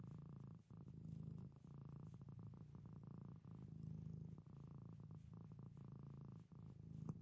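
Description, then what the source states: Domestic cat purr, continuous deep rumbling broken by short pauses between breaths, steady throughout. Pet domestic cat purring.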